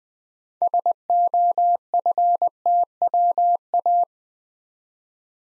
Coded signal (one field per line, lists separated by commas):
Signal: Morse code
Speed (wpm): 20 wpm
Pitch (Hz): 700 Hz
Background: none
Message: SOFTWA